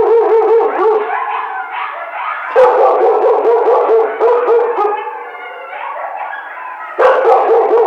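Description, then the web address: Coyote group howling, trembling yodel-like notes and yips layered together, dipping quieter before a renewed loud outburst near the end. Howl, recorded 1 February 2010. "Coyote 2010 02 01 18 howl"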